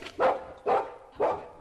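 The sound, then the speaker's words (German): A dog barks three times in a steady rhythm, each bark a loud, mid-pitched burst with short quiet gaps between, and no voices. “Das ist kein Wolf. Es ist ein Hund.”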